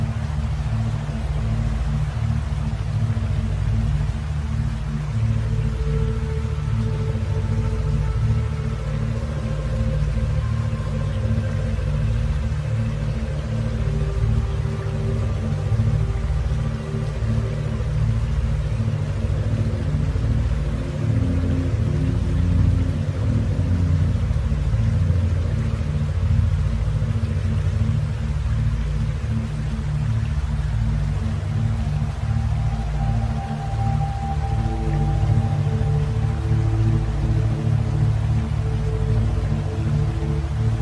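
Gentle waterfall with binaural beats: a steady low rumble and hum, with soft sustained tones drifting in and out throughout.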